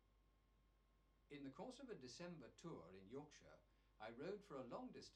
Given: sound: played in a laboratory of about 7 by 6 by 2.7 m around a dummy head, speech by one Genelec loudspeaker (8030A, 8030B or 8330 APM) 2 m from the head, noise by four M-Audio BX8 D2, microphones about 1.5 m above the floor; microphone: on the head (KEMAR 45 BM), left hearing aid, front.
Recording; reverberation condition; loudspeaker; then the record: male speech in English; low; 150 degrees to the left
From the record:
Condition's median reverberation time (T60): about 310 ms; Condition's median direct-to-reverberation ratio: about 3.5 dB